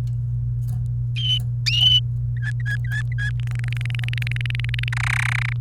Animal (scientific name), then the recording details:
Serinus canaria. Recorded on 28 April 2018 at 10:46. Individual llb3